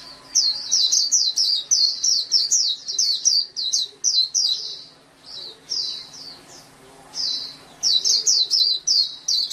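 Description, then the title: Oriental magpie-robin delivering quick strings of high, scratchy chirps, a sustained run at the start, then shorter phrases after a short lull. "Kicau Kacer"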